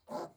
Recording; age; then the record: pig call; piglet (1 to 25 days)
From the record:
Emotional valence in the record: negative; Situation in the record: restrain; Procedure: back test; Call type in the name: low-frequency call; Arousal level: medium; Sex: male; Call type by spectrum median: low-frequency call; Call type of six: low-frequency tonal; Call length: 0.36 s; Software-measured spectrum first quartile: 467 Hz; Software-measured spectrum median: 669 Hz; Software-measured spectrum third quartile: 1060 Hz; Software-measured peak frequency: 602 Hz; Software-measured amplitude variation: 212 dB a second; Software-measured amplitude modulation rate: 18.0 a second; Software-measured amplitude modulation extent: 11.8 dB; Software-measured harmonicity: 3.0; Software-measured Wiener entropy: -0.26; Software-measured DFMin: 1189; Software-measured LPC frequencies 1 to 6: 645, 4178, 4889, 6523, 7311, 8693 Hz